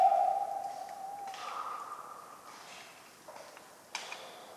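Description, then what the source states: Tawny owl hoot trailing off at the start, then a faint higher note, with soft rustles and a sharp tick near the end. Very vocal, on a cold autumn night of 11 November 1995 at Ménigoute, France, during an ornithological film festival; acorns falling regularly.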